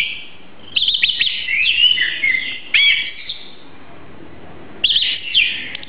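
Oriental magpie-robin song of rich warbled whistles and sharp notes, a long run of phrases, a pause, then another burst.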